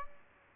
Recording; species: mosquito wingbeat signal from an infrared sensor; Aedes aegypti